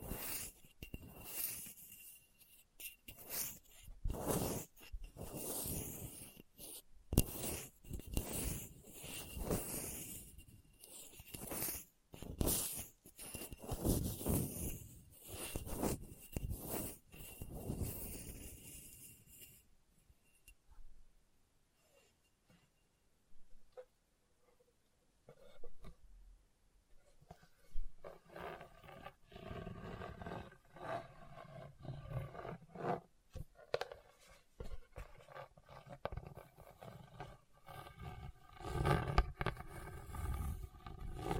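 Hard, bumpy scratching across a rough surface, coming in dense, irregular bursts of rasping strokes. For the first twenty seconds the scrapes are loud and bright with a faint steady whine underneath; afterward they turn quieter, sparser and duller, with short gaps between strokes.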